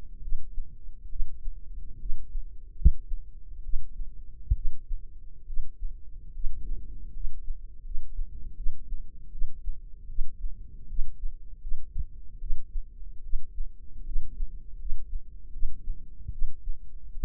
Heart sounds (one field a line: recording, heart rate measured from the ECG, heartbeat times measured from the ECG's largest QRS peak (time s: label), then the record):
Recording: heart sounds by microphone in the left ear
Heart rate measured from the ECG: 74 bpm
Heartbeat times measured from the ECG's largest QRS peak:
0.21 s: heartbeat
1.09 s: heartbeat
1.98 s: heartbeat
2.75 s: heartbeat
3.62 s: heartbeat
4.54 s: heartbeat
5.46 s: heartbeat
6.32 s: heartbeat
7.12 s: heartbeat
7.82 s: heartbeat
8.55 s: heartbeat
9.31 s: heartbeat
10.07 s: heartbeat
10.87 s: heartbeat
11.60 s: heartbeat
12.39 s: heartbeat
13.22 s: heartbeat
14.04 s: heartbeat
14.78 s: heartbeat
15.51 s: heartbeat
16.31 s: heartbeat
17.13 s: heartbeat
From the record:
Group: healthy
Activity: rest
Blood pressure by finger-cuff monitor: 100/64 mmHg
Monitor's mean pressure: 76 mmHg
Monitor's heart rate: 75 bpm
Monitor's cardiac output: 6.4 L/min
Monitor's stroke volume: 87 mL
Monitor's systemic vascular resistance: 870 dyn s/cm5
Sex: female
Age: 22 years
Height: 157 cm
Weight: 47.6 kg